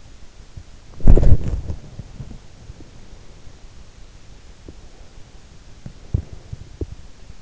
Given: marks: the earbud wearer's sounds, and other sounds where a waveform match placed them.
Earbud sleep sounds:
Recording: sounds in sleep by an in-ear microphone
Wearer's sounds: body movement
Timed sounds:
0.87-3.79 s: body movement
4.54-7.42 s: sound from someone else or the room

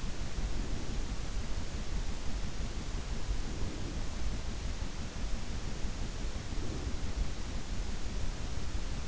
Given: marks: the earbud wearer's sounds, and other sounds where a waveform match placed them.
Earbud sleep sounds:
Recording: sounds in sleep by an in-ear microphone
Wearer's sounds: breath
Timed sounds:
0.00-1.25 s: breath
3.21-4.47 s: breath
6.22-7.33 s: breath

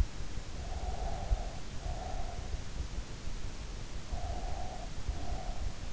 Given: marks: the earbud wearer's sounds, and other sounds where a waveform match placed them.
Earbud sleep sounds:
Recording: sounds in sleep by an in-ear microphone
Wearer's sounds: breath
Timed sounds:
0.21-2.47 s: breath
3.77-5.84 s: breath

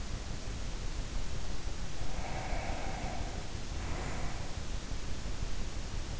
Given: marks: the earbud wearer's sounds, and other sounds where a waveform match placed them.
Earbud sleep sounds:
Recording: sounds in sleep by an in-ear microphone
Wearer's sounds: breath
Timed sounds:
1.91-4.61 s: breath

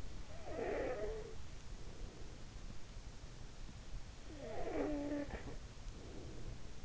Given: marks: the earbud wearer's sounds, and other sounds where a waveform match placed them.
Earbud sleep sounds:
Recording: sounds in sleep by an in-ear microphone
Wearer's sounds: snoring breath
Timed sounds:
0.00-1.76 s: snoring breath
3.99-6.56 s: snoring breath

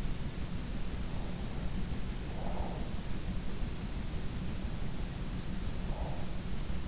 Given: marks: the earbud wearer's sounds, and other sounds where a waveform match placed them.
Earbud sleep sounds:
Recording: sounds in sleep by an in-ear microphone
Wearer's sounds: breath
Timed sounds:
0.98-2.82 s: breath
4.81-6.30 s: breath

